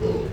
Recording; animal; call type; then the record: contact call of a hoofed animal; pig; closed-mouth grunt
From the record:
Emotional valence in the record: positive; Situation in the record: food and toys in familiar pen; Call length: 0.33 s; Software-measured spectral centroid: 1430 Hz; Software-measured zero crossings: 870 a second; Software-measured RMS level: -24 dBFS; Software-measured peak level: -13 dBFS